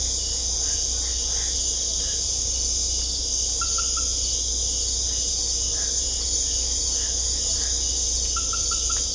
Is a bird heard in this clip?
no